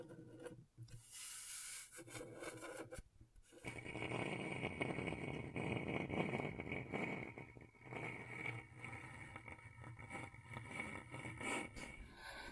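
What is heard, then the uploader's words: Scratchboard being scraped in dense, rasping strokes, with short pauses near the start and then a steady, gritty scratching from about four seconds on. ASMR Brain Tingling Scratchboard (No Talking).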